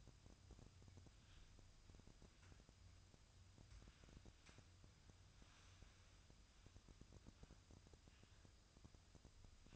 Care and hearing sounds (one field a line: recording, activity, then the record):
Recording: daily activity, microphone in the room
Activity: wipe stove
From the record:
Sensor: 2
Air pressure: 1004.7 hPa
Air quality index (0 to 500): 74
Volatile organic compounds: 1 ppm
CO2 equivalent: 881 ppm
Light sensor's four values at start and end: 7/16/6/7 and 7/16/6/7